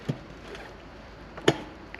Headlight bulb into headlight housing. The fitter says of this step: and that just locks into place